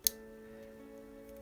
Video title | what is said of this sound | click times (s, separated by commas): Tamiya Opel Kadett GT/E on the MB-01 Chassis - Steps 1 to 3 - The Motor Mount and the Spur Gear | you heard the click | 0.1 s